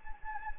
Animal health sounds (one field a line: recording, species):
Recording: mosquito wingbeat signal from an infrared sensor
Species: Anopheles gambiae